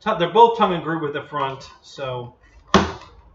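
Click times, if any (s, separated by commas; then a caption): 2.7 s. Someone talks, then the magnetic canopy of a foam RC T-28 plane (one of an FMS 1400 mm and an Airfield 1450 mm pair) snaps down onto the foam fuselage. The canopy has a tongue-and-groove front and a big magnet at the back. It gives a single hard click at 2.7 s, seated firmly because the magnet holds strongly.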